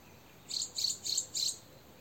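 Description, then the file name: Eurasian wren uttering four quick, dry tick notes in a short burst. "Troglodytes troglodytes"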